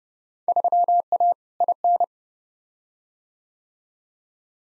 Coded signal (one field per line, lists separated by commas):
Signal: Morse code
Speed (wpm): 30 wpm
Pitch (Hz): 700 Hz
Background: none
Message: 3A IN